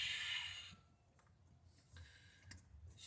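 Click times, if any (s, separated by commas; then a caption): 2.5 s. A spark plug wire boot on a 1981 Citation with a 2.8 V6 is pushed onto a distributor cap tower. A breathy hiss opens the clip and fades into quiet low rumble. A short, sharp click at 2.5 s marks the terminal snapping on and seating.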